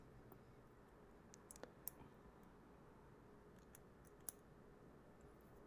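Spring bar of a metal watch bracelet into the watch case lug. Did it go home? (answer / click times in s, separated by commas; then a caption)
yes / 4.3 s. The spring bar of a metal watch bracelet on a 1990s Citizen 2510-S99400 is compressed with a tool and pressed into the lug hole of the watch case to refit the bracelet's second side. A few faint ticks and a sharper click near 1.9 s come first, then a crisp little snap at 4.3 s as the spring bar seats in the lug. The bracelet is back on.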